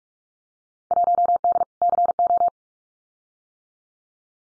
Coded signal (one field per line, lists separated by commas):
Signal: Morse code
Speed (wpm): 44 wpm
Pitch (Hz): 700 Hz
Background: none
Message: 1D CO